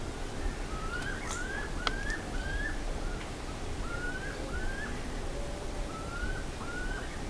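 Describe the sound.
Bird calls: short rising whistled notes repeated roughly every half second over a steady low rumble.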